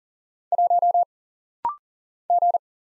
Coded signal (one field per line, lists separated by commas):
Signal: Morse code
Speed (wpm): 39 wpm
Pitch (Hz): 700 Hz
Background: none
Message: 1 G